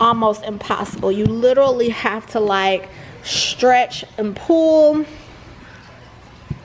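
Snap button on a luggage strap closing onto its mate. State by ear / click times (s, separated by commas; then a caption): not seated / none. Someone talks while the strap on a packed vintage suitcase is stretched and pulled by hand, a hard job, to line up its snap buttons and press them closed onto their mates. Speech fills most of the clip, followed by quiet handling with a faint tap near the end. Nothing has snapped into place yet.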